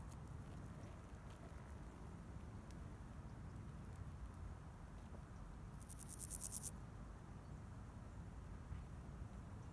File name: Meadow Grasshopper